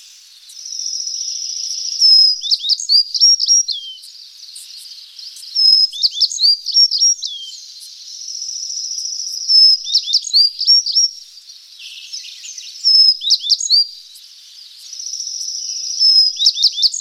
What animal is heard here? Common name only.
Tristram's Bunting